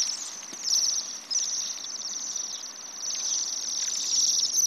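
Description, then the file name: Bohemian waxwings giving a dense chorus of high, thin, trilling calls, pulsing and swelling throughout as many birds call at once. "Sidensvans"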